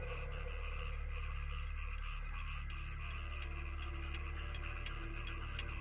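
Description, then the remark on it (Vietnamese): A wall clock in the main room of a house ticks in a steady, even rhythm at ten at night, each sharp, light click repeating about twice a second over a constant low hum, with no voices. “Ở bên ngoài gian nhà chính, chiếc đồng hồ treo tường vang lên từng nhịp kim giây tích tắc.”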